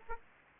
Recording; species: mosquito wingbeat signal from an infrared sensor; Aedes aegypti